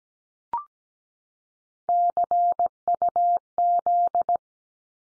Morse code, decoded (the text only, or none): CUZ